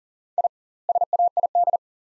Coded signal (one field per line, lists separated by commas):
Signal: Morse code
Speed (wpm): 40 wpm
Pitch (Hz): 700 Hz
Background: none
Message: I SAID